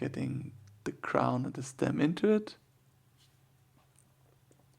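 A crown and stem, greased with Moebius blue grease, are being inserted into the movement of a world's-first automatic chronograph watch. Someone talks for the first two and a half seconds, then it goes quiet apart from a faint, brief tick near 4.0 s. Nothing has seated or clicked home yet.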